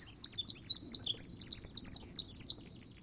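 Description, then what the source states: Pacific Wren song, a rapid, continuous tumble of very high, thin twittering notes and trills, unbroken throughout. Song played again; what humans hear as a blur of sound, the wren hears as a precise sequence of sounds.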